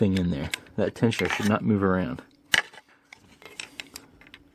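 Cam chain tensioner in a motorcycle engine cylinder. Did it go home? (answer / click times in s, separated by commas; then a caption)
yes / 2.5 s. Someone talks while a spring-loaded cam chain tensioner is set inside a dirt bike engine cylinder. A sharp metallic click at 2.5 s marks it setting on the first try, and softer metal ticks follow until the end.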